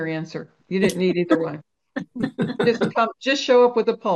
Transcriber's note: laughs